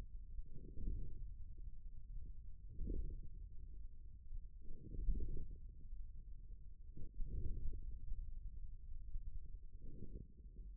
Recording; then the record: forearm muscle sounds (acoustic myography)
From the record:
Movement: radial deviation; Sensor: system 1, eight BSWA MPA416 microphones around the upper forearm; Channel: 6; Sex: male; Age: 41 years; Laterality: right